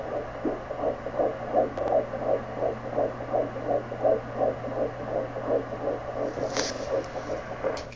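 Rapid, regular whooshing pulses at about 167 a minute, the sound of a fetal heartbeat picked up by Doppler at 12 weeks of pregnancy during an OB appointment. A steady low electrical hum runs underneath.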